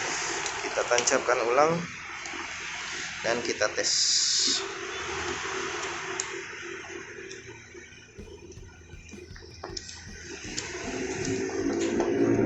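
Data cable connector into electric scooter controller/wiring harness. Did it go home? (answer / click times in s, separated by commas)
no / none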